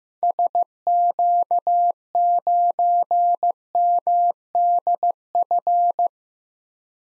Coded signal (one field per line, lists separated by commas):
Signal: Morse code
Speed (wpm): 15 wpm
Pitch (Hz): 700 Hz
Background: none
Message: SQ9MDF